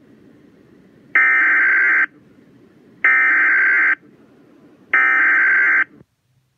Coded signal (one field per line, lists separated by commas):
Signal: Emergency Alert System (SAME) tones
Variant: header bursts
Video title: (EAS #25) Flash Freeze Warning 1-20-19